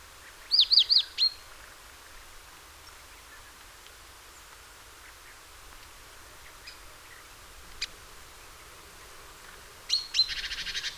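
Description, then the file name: Great tit calls: a quick series of high thin notes early on, then a buzzy harsh churr near the end, with constant hiss throughout. "Parus major"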